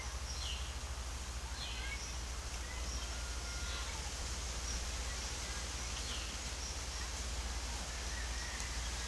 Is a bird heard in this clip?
yes